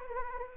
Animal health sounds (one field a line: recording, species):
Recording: mosquito wingbeat signal from an infrared sensor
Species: Anopheles gambiae